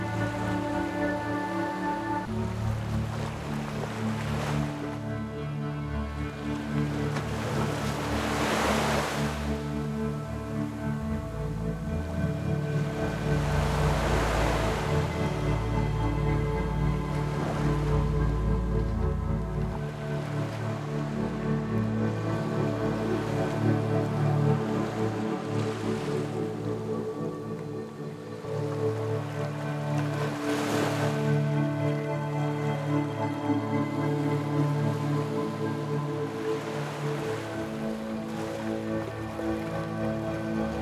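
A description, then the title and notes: Music plays over light crashing waves, with sustained low tones and layered notes holding steady throughout. Soft washes of surf swell and recede every few seconds, most clearly near 5, 9, 14, 25 and 31 seconds. The level stays fairly even, dipping briefly near 28 seconds. Music Over Light Crashing Waves.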